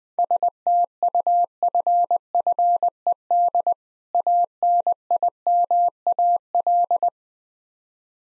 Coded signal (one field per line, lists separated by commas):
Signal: Morse code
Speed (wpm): 20 wpm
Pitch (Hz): 700 Hz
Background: none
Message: STUFFED ANIMAL